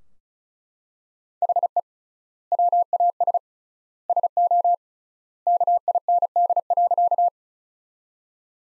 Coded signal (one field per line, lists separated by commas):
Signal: Morse code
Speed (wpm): 34 wpm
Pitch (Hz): 700 Hz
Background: none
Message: HE WAS SO KIND.